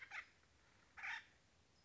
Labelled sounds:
Acorn Woodpecker (Melanerpes formicivorus)
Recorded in Sonoma County, California

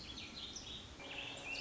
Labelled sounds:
Warbling Vireo (Vireo gilvus)
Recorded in Sonoma County, California

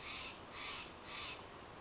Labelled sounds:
Steller's Jay (Cyanocitta stelleri)
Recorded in Sonoma County, California

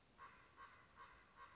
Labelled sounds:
Common Raven (Corvus corax)
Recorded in Sonoma County, California

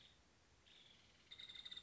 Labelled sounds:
Nuttall's Woodpecker (Dryobates nuttallii)
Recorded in Sonoma County, California

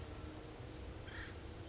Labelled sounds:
Acorn Woodpecker (Melanerpes formicivorus)
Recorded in Sonoma County, California

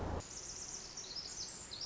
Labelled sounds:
Pacific Wren (Troglodytes pacificus)
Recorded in Sonoma County, California

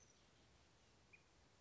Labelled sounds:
Oak Titmouse (Baeolophus inornatus)
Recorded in Sonoma County, California

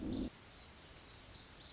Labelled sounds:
Lazuli Bunting (Passerina amoena)
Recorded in Sonoma County, California

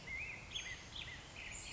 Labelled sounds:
Black-headed Grosbeak (Pheucticus melanocephalus)
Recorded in Sonoma County, California

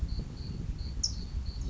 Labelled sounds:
California Towhee (Melozone crissalis)
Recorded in Sonoma County, California

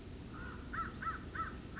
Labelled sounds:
American Crow (Corvus brachyrhynchos)
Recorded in Sonoma County, California

